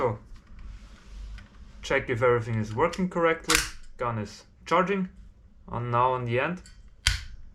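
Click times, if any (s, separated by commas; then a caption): 7.1 s. Someone talks while pulling the modded Kythera charging handle on an airsoft replica to charge it. At the end of the stroke, at 7.1 s, a sharp little click is heard as the reset cable snaps back into place, and the cable is seated.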